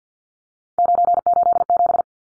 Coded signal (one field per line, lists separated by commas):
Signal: Morse code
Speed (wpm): 49 wpm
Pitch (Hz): 700 Hz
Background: none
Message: 987